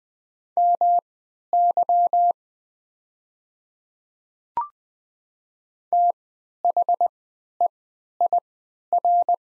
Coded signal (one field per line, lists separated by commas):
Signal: Morse code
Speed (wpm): 20 wpm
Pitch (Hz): 700 Hz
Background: none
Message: MY THEIR